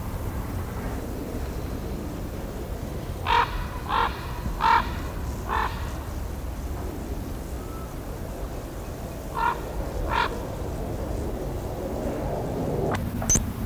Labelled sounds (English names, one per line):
Upland Field Grasshopper stridulation